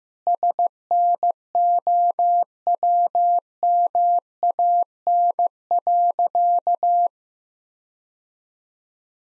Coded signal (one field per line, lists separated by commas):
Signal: Morse code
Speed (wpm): 15 wpm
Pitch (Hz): 700 Hz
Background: none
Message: SNOWMAN.